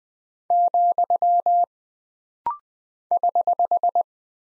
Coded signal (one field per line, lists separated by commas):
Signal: Morse code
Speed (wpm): 20 wpm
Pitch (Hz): 700 Hz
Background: none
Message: , <HH>